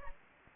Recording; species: mosquito wingbeat signal from an infrared sensor; Anopheles gambiae